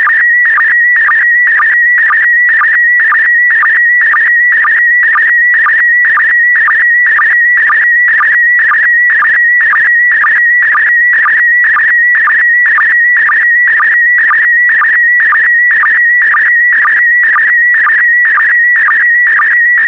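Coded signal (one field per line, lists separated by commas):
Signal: SSTV (slow-scan television)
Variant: PD120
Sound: warbling, chirping tone near 2 kHz with a rhythmic low blip twice per second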